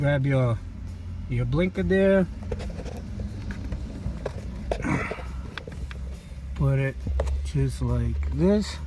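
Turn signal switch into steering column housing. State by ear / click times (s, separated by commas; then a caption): not seated / none. On a Ford Focus steering column being reassembled after an ignition switch replacement, a turn signal (blinker) switch is handled and pushed toward its mount in the steering column housing while someone talks. Brief faint ticks and rustling from the handling are heard in the quiet stretch around 3.5–5.9 s. The switch has not seated or clicked into place yet.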